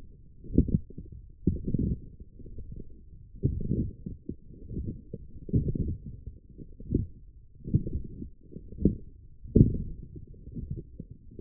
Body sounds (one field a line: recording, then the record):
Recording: forearm muscle sounds (acoustic myography)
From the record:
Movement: forearm pronation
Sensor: system 1, eight BSWA MPA416 microphones around the upper forearm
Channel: 2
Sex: female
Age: 20 years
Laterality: right